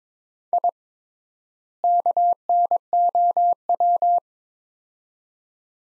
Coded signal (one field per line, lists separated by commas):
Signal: Morse code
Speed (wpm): 22 wpm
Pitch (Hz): 700 Hz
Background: none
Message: I KNOW